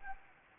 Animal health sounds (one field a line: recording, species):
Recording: mosquito wingbeat signal from an infrared sensor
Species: Anopheles arabiensis